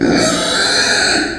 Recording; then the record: squeal of a Yucatan mini pig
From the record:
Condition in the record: before surgery on the right vocal fold (resection and tissue-engineered implant); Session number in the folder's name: 3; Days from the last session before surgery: 0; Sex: female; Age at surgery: 19 weeks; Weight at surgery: 25 kg